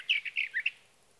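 Sage thrasher song, a short burst of five quick warbled notes, then quiet.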